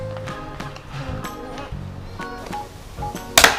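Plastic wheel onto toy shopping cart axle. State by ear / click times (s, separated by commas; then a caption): seated / 3.4 s. A plastic wheel is pushed onto the axle of a plastic toy shopping cart during assembly while music plays in the background. A loud, sharp snap at 3.4 s marks the wheel seating on the axle, and the wheel turns.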